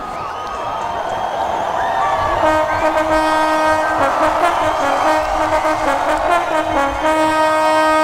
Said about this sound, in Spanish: en el patio del castillo se ha producido un gran revuelo. Las cornetas dan la señal de alarma.